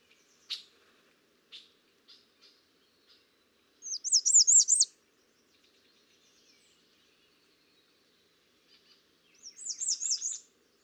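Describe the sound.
American redstart song: two high series of quick looping, rolling notes, with scattered short chips before the first.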